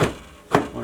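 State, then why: Not seated. A metal bread pan is set into the base of a Panasonic SD-ZX2522 bread maker, to be twisted once it reaches the bottom to lock it in place. A knock sounds at the start, then a sharper clunk at about 0.55 s, each fading out. The pan is only being handled, and nothing has seated or locked yet.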